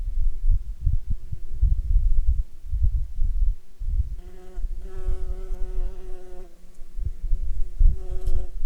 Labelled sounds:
wind
insects

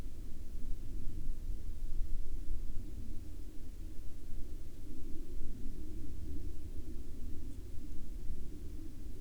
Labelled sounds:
aircraft

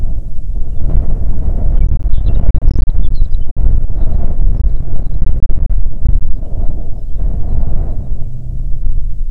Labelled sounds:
songbird
wind

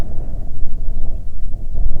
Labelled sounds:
songbird
wind

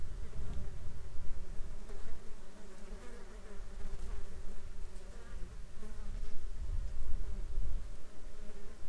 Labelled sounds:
insects

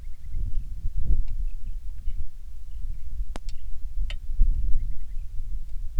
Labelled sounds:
songbird
rain

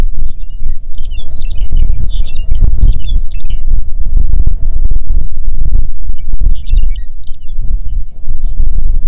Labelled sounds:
songbird
wind

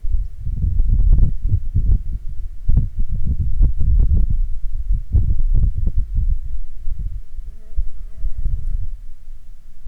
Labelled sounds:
wind
insects

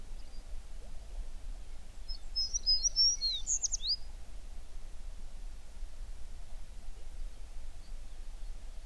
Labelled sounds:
songbird

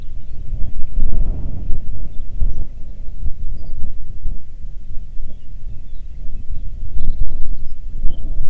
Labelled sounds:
songbird
wind

